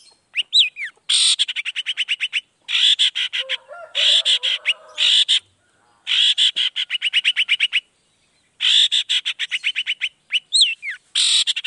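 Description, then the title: Long-tailed shrike producing long rattling runs of rapid, buzzy repeated notes, broken by brief pauses and a few slurred whistles. Cendet heard in the morning, singing chattily ('gacor') with a 'toet toet' variation; played to make other shrikes respond quickly. "Langsung NYAUTTTTT ! Cendet Gacor Dor Di Kala Pagi Toet Toet Variasi Suara J. Cendet Gacor Langsung Nyaut Emosi Hanya dengan Sekali Putar Bikin Cendet Lainya Cepat Respon Bunyi"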